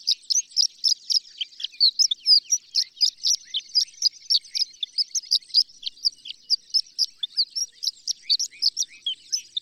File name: Horned Lark